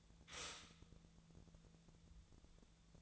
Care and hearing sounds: daily activity, microphone in the room; stop toaster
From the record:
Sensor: 3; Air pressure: 1000.2 hPa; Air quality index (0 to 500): 154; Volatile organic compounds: 3 ppm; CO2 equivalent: 1358 ppm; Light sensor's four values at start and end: 37/95/40/43 and 37/95/40/43

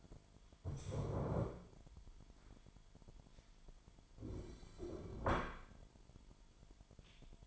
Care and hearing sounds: daily activity, microphone in the room; stand up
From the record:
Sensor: 5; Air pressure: 998.6 hPa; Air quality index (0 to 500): 92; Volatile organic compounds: 2 ppm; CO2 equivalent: 1055 ppm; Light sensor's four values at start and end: 33/80/33/37 and 33/80/33/37

